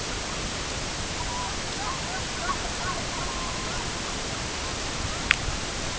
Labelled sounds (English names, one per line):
unidentified sound
Red-throated Loon